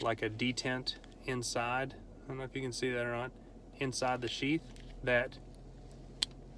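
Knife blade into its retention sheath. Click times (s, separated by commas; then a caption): 6.2 s. A stainless steel low-profile SpearPoint Technologies DLS 2.0 Phantom knife is pushed into its sheath until the indentations on either side of the blade engage the detent inside. Someone talks over a steady low hum, then a sharp click at 6.2 s marks the knife snapping into place, seated in the sheath.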